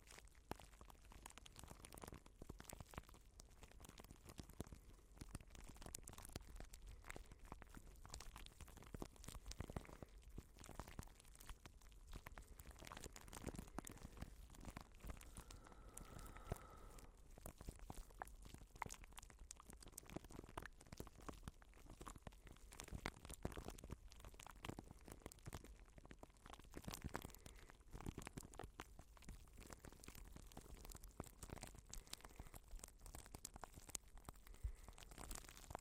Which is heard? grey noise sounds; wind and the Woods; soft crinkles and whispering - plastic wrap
soft crinkles and whispering - plastic wrap